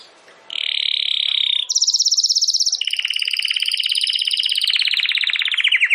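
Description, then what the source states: Domestic canary song: a buzzy steady trill, then a higher rapid trill, then a long rolling trill that slows and drops toward the end. Belgian canary (Canário Belga) singing; title gives 'campainha'.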